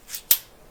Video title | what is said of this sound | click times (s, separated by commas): Atlas vs Clone knockoffs | And that's it. They work real easy, and it's a very positive click, | 0.3 s